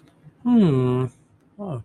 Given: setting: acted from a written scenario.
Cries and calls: vocal sound without words; interest

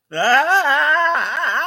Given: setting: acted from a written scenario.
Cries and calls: vocal sound without words; fear

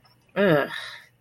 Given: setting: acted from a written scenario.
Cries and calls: vocal sound without words; contempt

